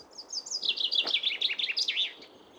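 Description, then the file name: Common chaffinch song: a brisk, descending run of sweet repeated notes ending in a sharper flourish, lasting about two seconds, with a soft low thump near the middle. Oskarshamn, Sweden; mono. "Bofinken i Oskarshamn"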